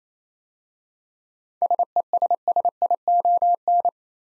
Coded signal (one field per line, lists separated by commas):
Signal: Morse code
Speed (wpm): 27 wpm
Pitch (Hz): 700 Hz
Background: none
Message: SESSION